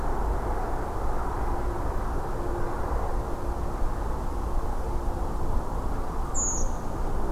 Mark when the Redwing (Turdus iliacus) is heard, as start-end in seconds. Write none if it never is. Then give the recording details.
6.34-6.64. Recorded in France